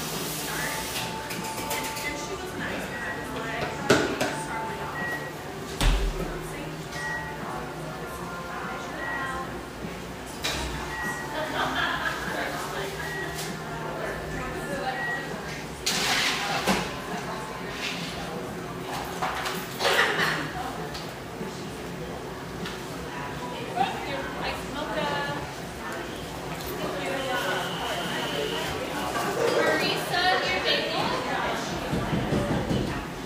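A busy stretch of street life in Portland's Pearl District: voices talk and overlap steadily throughout. Sharp clacks and knocks break in every few seconds, louder near 4, 16 and 20 seconds, over a low constant hum, with a brief high tone around 27 seconds.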